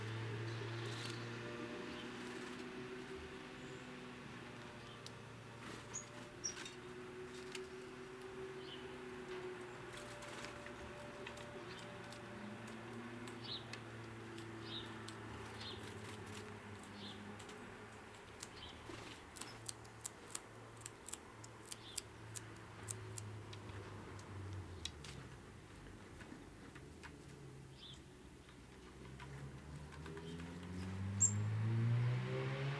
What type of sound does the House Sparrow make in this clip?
call